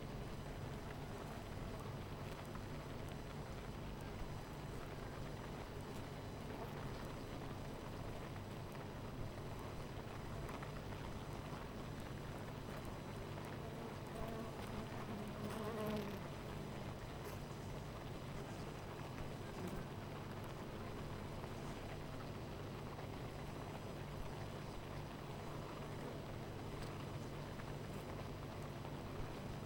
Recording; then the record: honeybee colony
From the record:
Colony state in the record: missing queen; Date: 14 July 2017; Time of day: 9:56